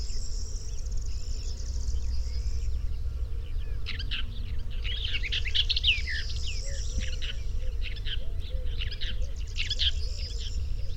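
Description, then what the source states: Bird song in bursts of quick, high chirps and trills, mostly from about four seconds on, over a strong low rumble. Chirping bird song used to tutor pet birds.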